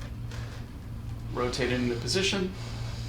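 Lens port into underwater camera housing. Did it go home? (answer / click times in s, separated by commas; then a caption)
no / none. Someone talks over a steady low hum while a lens port with a lubricated O-ring is rotated into position on a GATES PLA80 underwater camera housing during PeriProbe setup. The port has not seated and the lock has not clicked yet.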